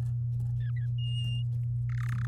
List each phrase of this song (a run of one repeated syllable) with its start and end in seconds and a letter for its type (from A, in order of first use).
0.60-0.87 A, 0.98-1.42 B, 1.89-2.25 C